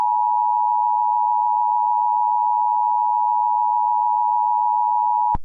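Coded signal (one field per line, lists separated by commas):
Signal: Emergency Alert System (SAME) tones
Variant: 853 and 960 Hz attention tone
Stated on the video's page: Simulated EAS scenario tones for a fictional SCP 4975 scenario.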